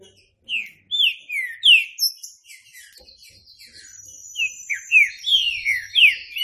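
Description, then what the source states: Green-winged saltator song: strong slurred whistles in quick series, with a thinner, higher stretch in the middle. Classic-style song (canto clássico) used for training (treinamento).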